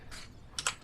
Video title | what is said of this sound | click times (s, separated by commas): BOB Gear Rambler Jogging Stroller Review | put it over boom locks in place | 0.6 s, 0.7 s